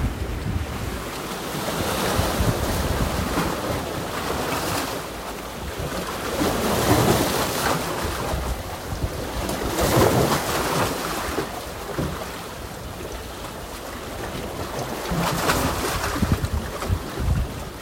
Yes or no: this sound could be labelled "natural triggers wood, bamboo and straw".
no